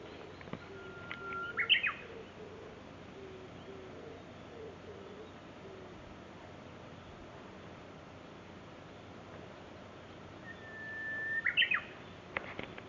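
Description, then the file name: Japanese bush warbler song: two phrases, each a long steady whistle followed by a quick flourish, about ten seconds apart, over a steady background hiss. "uguisu"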